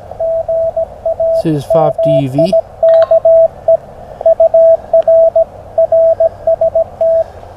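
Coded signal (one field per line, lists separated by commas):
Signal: Morse code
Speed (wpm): 18 wpm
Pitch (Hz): 660 Hz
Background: speech, radio noise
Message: GA MIKE UR RST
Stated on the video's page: Morse from an outdoor RaDAR operating event.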